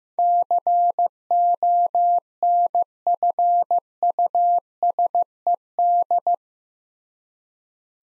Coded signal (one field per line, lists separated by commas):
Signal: Morse code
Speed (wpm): 15 wpm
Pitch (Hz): 700 Hz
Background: none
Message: CONFUSED